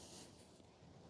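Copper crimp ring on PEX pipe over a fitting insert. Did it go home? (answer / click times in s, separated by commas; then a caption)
no / none. A ratcheting crimp tool is being worked on a copper crimp ring over PEX tubing on a brass insert fitting. Only a steady broadband hiss with a low rumble is heard, with no sharp transients. The ring is handled but not yet home, and nothing has clicked or seated yet.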